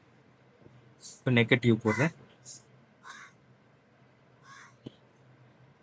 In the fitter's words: அதுவும் நல்லா உள்ள போய் லாக் ஆயிடுச்சு